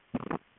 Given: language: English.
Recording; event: throat vibration sensor signal played as sound; swallow